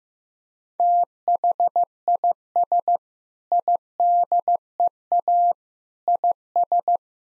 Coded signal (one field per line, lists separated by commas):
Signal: Morse code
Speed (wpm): 16 wpm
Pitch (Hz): 700 Hz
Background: none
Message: THIS IDEA IS